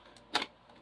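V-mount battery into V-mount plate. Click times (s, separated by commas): 0.4 s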